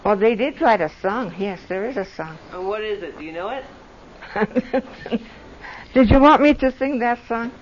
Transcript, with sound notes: Well they did write a song. Yes, there is a song.
And what is it? Do you know it?
(laughs) Did you want me to sing that song?